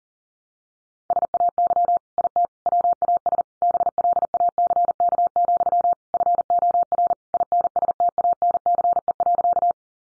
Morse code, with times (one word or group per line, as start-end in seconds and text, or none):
1.1-2.0 SAY
2.2-2.5 IT
2.7-3.4 WAS
3.6-5.9 BLACK,
6.1-7.1 FOR
7.3-9.7 INSTANCE.